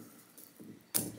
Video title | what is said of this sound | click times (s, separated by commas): How to Install DCC (NCE Powercab) on the Train Layout | I now snap on the plastic shell onto the silver piece that we just saw on and you should hear a click | 1.0 s